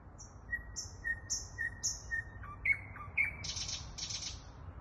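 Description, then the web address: Thrush nightingale song: high slurred whistles alternating with low pure notes at a steady pace, then sharper notes and a loud buzzy rattle to close. Song recorded in Kaluga. "luscinia luscinia canto del ruisenor en kaluga"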